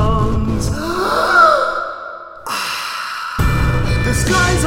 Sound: breath